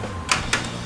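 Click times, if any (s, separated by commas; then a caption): 0.3 s, 0.5 s. A plastic paper feed assembly is pushed slowly and somewhat stiffly into the chassis of an Epson L-series inkjet printer (L210, L220, L350, L360, L365) while its yellow shaft is levered aside. Two sharp clicks sound at 0.3 s and 0.5 s over a low steady hum. The assembly snaps and locks into place.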